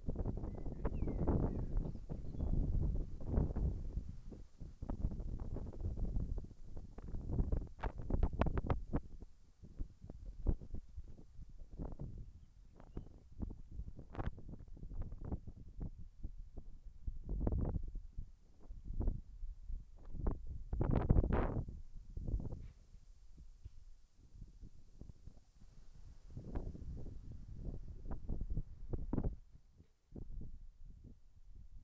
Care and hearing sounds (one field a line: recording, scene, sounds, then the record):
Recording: everyday scene through a hearing-aid microphone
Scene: wind on the microphone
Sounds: wind, whistling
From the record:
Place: in front of a rural house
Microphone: behind the ear, left, front